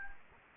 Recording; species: mosquito wingbeat signal from an infrared sensor; Anopheles gambiae